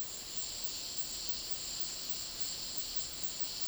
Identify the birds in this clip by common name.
none